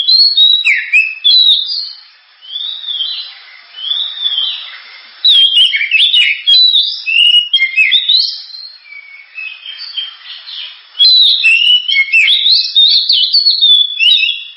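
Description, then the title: Oriental magpie-robin in long, loud, varied song: rich whistles, slurred notes and rapid chattering phrases in repeated bursts separated by brief softer pauses. Loud, sharp song of a lively singing magpie-robin, suited for use as a lure to prompt other birds to sing. "Kacer Gacor Suara Tajam. Kacer Gacor Suara Super Kenceng Cocok untuk Pancingan"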